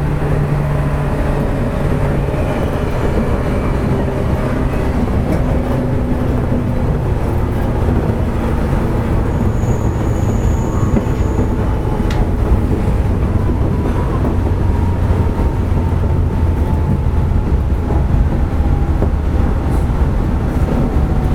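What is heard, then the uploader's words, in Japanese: Running sound of a 415-series local train on the Nippō Line: a steady, dense low rumble and rattle throughout, with faint whining tones that drift slowly in pitch. A brief high squeal appears around ten seconds, and a few sharp clicks are scattered through. JR九州の415系の走行音です。日豊線の普通電車にて収録。区間は、大分から別府までです。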